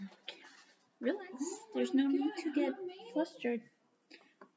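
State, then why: Partly seated. A plastic building brick is pressed onto another piece of a space station model while someone talks, followed by two faint clicks at 4.1 and 4.4 seconds. The brick does not snap all the way in and stays a little raised.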